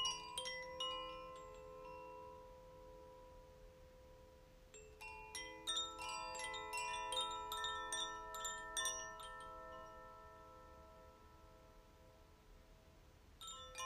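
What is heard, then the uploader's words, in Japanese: Wind chimes ring in loose clusters of bright strikes, with a burst near the start, a denser flurry from about five to nine seconds, and a few more at the very end. Long, clear tones hang and fade slowly between the strikes over a quiet background. 風のエレメントのコシチャイムとザフィアチャイムの演奏をしました。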